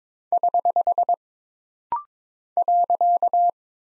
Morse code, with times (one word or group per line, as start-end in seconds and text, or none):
0.3-1.1 <HH>
2.6-3.5 .